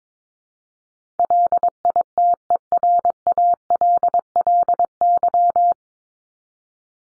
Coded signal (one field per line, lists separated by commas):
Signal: Morse code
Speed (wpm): 22 wpm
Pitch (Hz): 700 Hz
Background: none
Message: LITERALLY